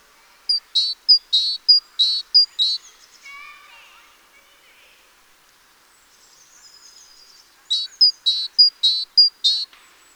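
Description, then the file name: Great tit calls: short high thin notes alternating with buzzy, harsh notes, given in two bursts with quieter, softer sounds between them. "Parus major"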